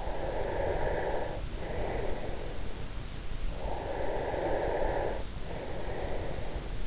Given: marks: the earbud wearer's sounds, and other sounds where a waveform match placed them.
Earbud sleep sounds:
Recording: sounds in sleep by an in-ear microphone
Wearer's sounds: breath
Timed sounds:
0.16-2.57 s: breath
3.73-6.87 s: breath

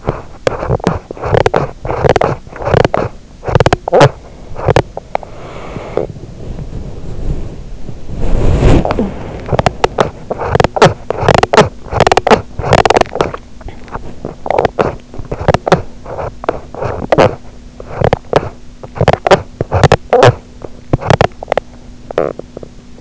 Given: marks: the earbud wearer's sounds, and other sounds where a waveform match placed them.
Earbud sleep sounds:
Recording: sounds in sleep by an in-ear microphone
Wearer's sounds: teeth grinding, body movement, swallowing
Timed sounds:
0.00-5.32 s: teeth grinding
5.32-9.54 s: body movement
9.51-23.01 s: teeth grinding
13.12-14.36 s: swallowing

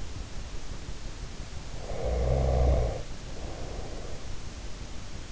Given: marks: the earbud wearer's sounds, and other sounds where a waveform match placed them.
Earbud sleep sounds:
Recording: sounds in sleep by an in-ear microphone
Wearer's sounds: breath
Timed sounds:
1.76-4.77 s: breath

